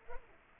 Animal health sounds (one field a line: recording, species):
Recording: mosquito wingbeat signal from an infrared sensor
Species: Culex pipiens